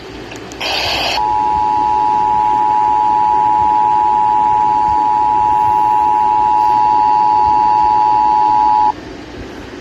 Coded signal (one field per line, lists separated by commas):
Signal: Emergency Alert System (SAME) tones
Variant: 853 and 960 Hz attention tone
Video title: What's Sleep? V2 | EAS Alerts From 8/1-3/2022 (EAS #1,620-1,647)